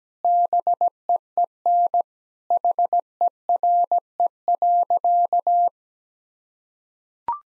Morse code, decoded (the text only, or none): BEEN HERE.